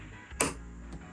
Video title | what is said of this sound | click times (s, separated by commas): Dumb 18 Year Old Builds His First Gaming PC | Oh, okay. Wait, it wasn't secured. Okay, it's supposed to like snap. | 0.4 s